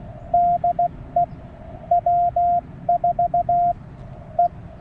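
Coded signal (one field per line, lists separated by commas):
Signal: Morse code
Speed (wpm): 16 wpm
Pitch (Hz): 700 Hz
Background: none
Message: DE W4E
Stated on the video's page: CW parks on the air activation with a Penntek TR45-L radio, offered as copy practice.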